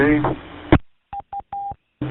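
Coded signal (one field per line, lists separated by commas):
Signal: none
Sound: repeater courtesy tone beeps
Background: speech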